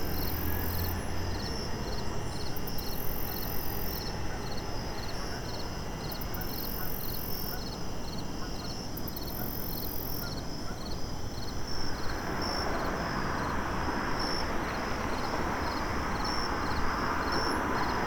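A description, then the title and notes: Central Park at night, filled with a steady, dense chorus of crickets and other insects, including a rapid pulsing chirp and bursts of very high buzzing in the first ten seconds. A low, constant rumble runs underneath, swelling slightly after about twelve seconds. Central Park at Night.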